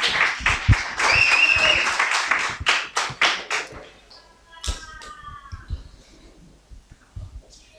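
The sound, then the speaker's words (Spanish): A church audience bursts into loud, dense applause with a shrill whistle rising above it, the clapping thinning out after a few seconds into scattered claps and faint voices. “Gracias por tanto aplauso, me la recreí.”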